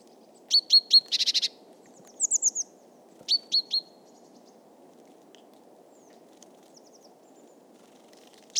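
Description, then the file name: Great tit calls: sharp, high, ringing notes in quick series of three or four, with one harsh buzzy burst early on, then quiet with low background hum. "Parus major"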